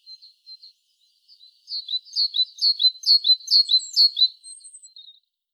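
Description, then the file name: Great tit: a few soft notes, then a quick repeated series of bright two-part chirping notes, ending with faint high notes. "Parus major"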